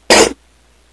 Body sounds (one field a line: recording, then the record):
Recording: coughing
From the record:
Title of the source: 61 morning phlegmy cough...again